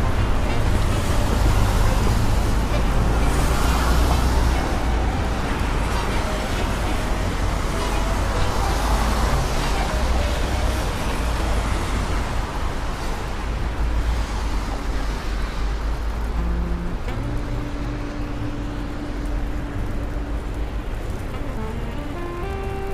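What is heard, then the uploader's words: A rainy day in New York: a thick, unbroken hiss of traffic and wet road noise over a heavy low rumble that holds steady the whole time. From about 15 seconds on, an engine drone rises and falls in steps. Raining Day In New York.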